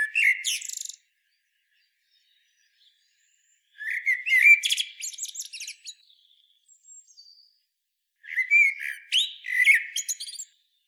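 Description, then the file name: Common blackbird song, three separate phrases about four seconds apart, each a low fluted warble breaking into a high, squeaky twittering flourish. "Turdus merula"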